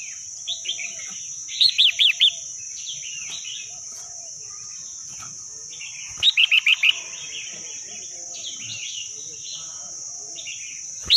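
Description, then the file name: Red-whiskered bulbul song in bubbly phrases: warbled notes, then a fast burst of four or five ringing notes, heard twice, with a constant high whine throughout. Wild bird; Vietnamese song style called "giọng rừng" (forest voice). "tieng chao mao hot giong rung"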